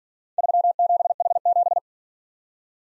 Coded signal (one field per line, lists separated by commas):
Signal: Morse code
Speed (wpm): 46 wpm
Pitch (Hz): 700 Hz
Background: none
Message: 37H7